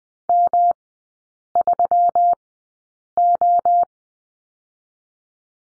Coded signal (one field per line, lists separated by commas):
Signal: Morse code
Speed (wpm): 20 wpm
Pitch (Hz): 700 Hz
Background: none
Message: M3O